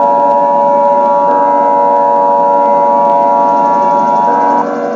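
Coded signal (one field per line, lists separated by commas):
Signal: Emergency Alert System (SAME) tones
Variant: 853 and 960 Hz attention tone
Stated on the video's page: Simulated EAS scenario.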